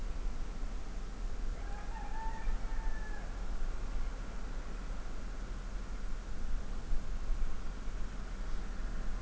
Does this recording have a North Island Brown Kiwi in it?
no